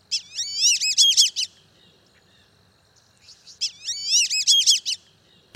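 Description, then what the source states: Black-bellied Whistling-Duck whistles: two bursts of squeaky, wavering multi-note whistles, each a rapid chattering series, with a faint steady high tone between. Flock whistling in flight.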